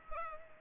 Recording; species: mosquito wingbeat signal from an infrared sensor; Culex pipiens